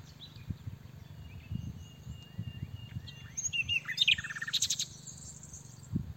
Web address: SETE data Luscinia megarhynchos